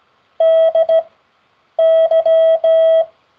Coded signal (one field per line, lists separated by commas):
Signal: Morse code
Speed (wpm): 16 wpm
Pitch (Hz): 650 Hz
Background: none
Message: DY